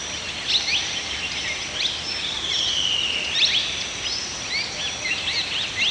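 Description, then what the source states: Birds twittering and whistling in a steady overlapping chorus, with a drawn-out whistle in the middle. Several birds singing in a forest.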